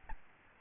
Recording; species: mosquito wingbeat signal from an infrared sensor; Aedes albopictus